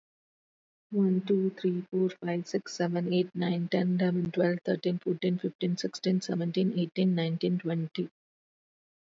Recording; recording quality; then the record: counting at a fast pace; excellent, no background noise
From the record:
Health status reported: healthy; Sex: female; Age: 50 years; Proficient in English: yes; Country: India